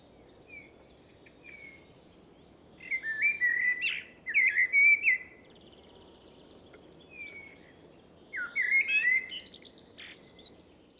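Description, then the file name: Common blackbird singing three loud fluty, warbled phrases with high twittery endings, separated by quieter stretches with soft high notes. "Turdus merula"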